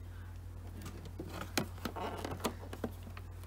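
On a Vespa GTS, the plastic horn-cover fairing is pushed inward and pulled down with one hand into the scooter's front shield so its four rear clips snap back into place. Over a steady low hum, soft handling rustles lead to sharp clip snaps at 1.6, 1.9 and 2.5 seconds. The fairing is seated.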